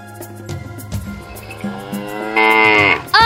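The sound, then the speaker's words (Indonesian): A water buffalo, its tail yanked hard while being ridden, leaps, runs off and bellows in a series of long, harmonic, groaning calls that climb in pitch and grow louder, peaking in a strained roar before a final sharp burst at the end. “Dani kemudian menarik ekor kerbau dengan keras, sehingga kerbau yang dinaiki Jundi melonjak dan berlari tanpa kendali”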